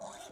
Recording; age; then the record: pig call; piglet (1 to 25 days)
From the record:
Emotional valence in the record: negative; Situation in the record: short isolation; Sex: male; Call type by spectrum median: low-frequency call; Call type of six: high-frequency stable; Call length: 0.32 s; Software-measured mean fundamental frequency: 226 Hz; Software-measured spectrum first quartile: 674 Hz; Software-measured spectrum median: 1394 Hz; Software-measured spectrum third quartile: 5377 Hz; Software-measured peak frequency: 671 Hz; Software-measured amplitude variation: 112 dB a second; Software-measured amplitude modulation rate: 20.7 a second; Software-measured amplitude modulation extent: 5.4 dB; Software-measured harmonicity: 2.9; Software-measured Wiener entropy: -2.69